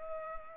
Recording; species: mosquito wingbeat signal from an infrared sensor; Culex pipiens